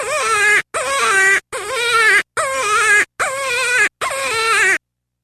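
Cottontail rabbit uttering six long, quavering squeals, each rising briefly then sagging in pitch, spaced under a second apart.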